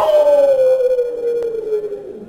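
A dog or wolf lets out one long, sustained howl, its mournful tone sliding slowly downward in pitch and fading slightly toward the end, with no voices present.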